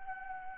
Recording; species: mosquito wingbeat signal from an infrared sensor; Anopheles arabiensis